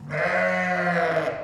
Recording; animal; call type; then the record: contact call of a hoofed animal; sheep; low-frequency (closed-mouth) or high-frequency (open-mouth) call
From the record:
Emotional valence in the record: negative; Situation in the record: short social isolation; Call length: 1.44 s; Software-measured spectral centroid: 1680 Hz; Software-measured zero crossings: 2030 a second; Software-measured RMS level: -24 dBFS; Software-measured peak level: -11 dBFS